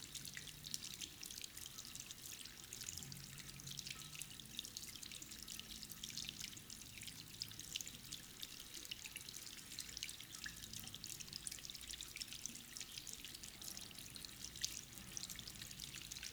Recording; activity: daily activity, guitar pickup as the sensor; wash hands